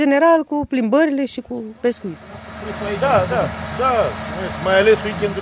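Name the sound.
motorboat engine running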